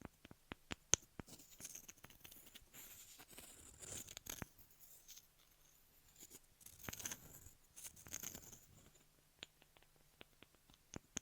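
Ear massage and cleaning sounds: sharp, crisp clicks and taps scattered across the clip, clustered at the start and end. Between them come soft rubbing and scratchy brushing passages around the third to fifth and seventh to eighth seconds, over a faint low hum.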